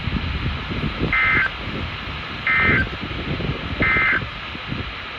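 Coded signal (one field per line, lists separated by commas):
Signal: Emergency Alert System (SAME) tones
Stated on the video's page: EAS alerts captured during a Virginia Beach trip.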